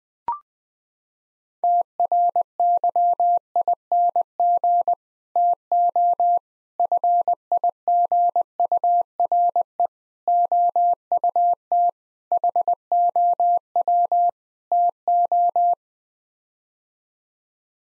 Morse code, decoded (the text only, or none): TRYING TO FIGURE OUT HOW TO